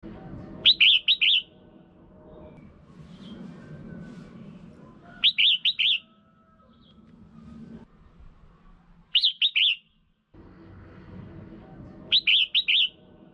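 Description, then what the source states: Red-whiskered bulbul calls: short bursts of three or four bright, rapid warbled notes, repeated every few seconds over a low background hum. Female bird.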